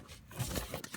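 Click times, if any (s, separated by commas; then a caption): none. A wiper/indicator stalk component is handled as it is pressed toward the steering column switch housing of an Aixam microcar. Soft rustling and crinkling handling noise is heard, with a couple of brief sharp taps near 0.7 and 0.8 seconds. Nothing has seated or clicked into place yet.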